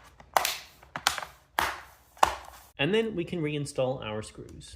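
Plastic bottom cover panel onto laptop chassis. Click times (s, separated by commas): 0.4 s, 1.0 s, 1.1 s, 1.6 s, 2.2 s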